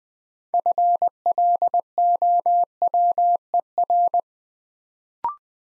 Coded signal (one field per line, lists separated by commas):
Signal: Morse code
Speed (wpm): 21 wpm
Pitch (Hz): 700 Hz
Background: none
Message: FLOWER